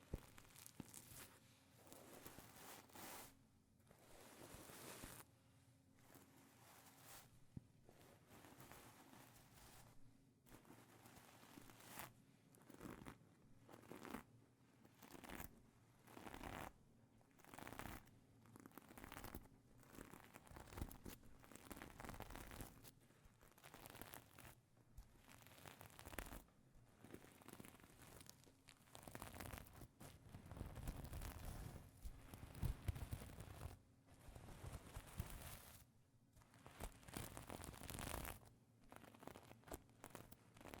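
Sequins are scratched and brushed in a crisp rustle that comes in quick repeated strokes, each a short burst of bright, crinkly texture. The scratching runs almost without pause, with a few heavier, fuller passes around the thirty-second mark.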